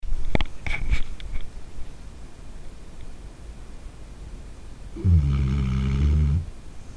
Snoring in the middle of the night.